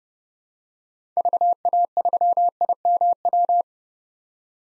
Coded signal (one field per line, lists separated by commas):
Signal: Morse code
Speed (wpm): 30 wpm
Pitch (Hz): 700 Hz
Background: none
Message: VA3IMW